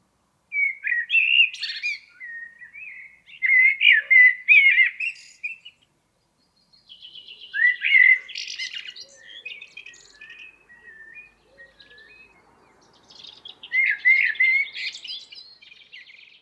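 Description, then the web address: Blackbird delivering a series of mellow whistled phrases, each closing with a high, scratchy twitter, repeated several times with short pauses between them. "Environmental chamber testing blackbird"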